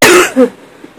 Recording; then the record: coughing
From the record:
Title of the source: 34 coughing up crap again